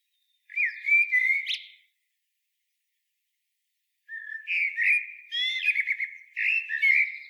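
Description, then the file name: Common blackbird singing two mellow fluted phrases, the first ending in a squeaky high flourish, separated by about two seconds of silence; no other sounds. "Turdus merula"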